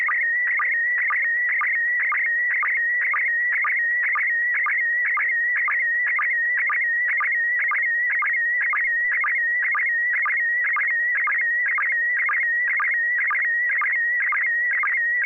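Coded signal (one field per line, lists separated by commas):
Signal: SSTV (slow-scan television)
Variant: PD 120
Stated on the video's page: SSTV net on a 441.300 MHz FM repeater in Sacramento, sent with MMSSTV software.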